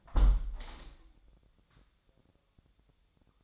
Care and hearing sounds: daily activity, microphone in the room; close window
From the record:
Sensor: 3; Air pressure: 1014.9 hPa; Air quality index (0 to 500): 29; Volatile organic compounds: 1 ppm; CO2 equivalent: 526 ppm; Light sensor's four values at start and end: 10/23/9/9 and 10/23/9/9

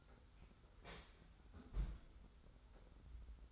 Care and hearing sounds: daily activity, microphone in the room; close fridge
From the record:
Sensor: 3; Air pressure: 991.0 hPa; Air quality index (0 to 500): 118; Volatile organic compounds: 85 ppm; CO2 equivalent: 3649 ppm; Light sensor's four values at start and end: 36/85/34/32 and 36/85/34/32

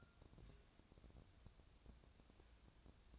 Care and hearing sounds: daily activity, microphone in the room; take from stove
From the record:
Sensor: 2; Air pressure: 999.8 hPa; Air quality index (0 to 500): 123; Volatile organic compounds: 2 ppm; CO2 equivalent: 1058 ppm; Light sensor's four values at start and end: 35/86/37/42 and 35/86/37/42

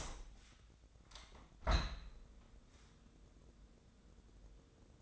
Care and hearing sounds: daily activity, microphone in the room; open window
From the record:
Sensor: 3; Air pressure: 1012.3 hPa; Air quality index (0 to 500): 142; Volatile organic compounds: 2 ppm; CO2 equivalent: 1099 ppm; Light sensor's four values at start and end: 305/745/310/307 and 301/734/306/303

